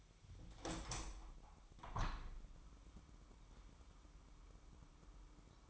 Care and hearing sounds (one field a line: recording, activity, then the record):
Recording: daily activity, microphone in the room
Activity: open window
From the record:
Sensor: 1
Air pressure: 998.0 hPa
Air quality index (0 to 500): 126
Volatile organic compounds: 3 ppm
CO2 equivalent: 1506 ppm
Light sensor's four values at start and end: 17/57/23/23 and 17/57/23/23